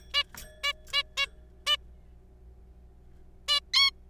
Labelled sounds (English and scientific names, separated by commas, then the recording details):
Zebra Finch (Taeniopygia guttata)
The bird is a juvenile
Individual R3428